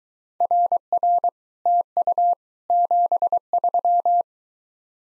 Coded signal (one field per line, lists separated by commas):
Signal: Morse code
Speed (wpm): 23 wpm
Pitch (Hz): 700 Hz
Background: none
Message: RR TU 73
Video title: Common QSO Phrases Speed-Racing - 17wpm